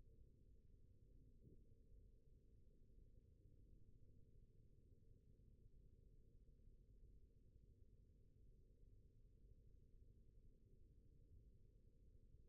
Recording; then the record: forearm muscle sounds (acoustic myography)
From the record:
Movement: rest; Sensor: system 1, eight BSWA MPA416 microphones around the upper forearm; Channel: 5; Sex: male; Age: 20 years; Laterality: left